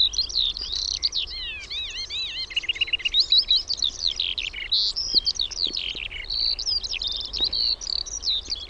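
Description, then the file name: Eurasian skylark giving a sustained, hurried stream of high warbles, rolling up-and-down slurs and chirps over faint low background noise. "KIURU"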